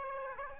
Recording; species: mosquito wingbeat signal from an infrared sensor; Aedes aegypti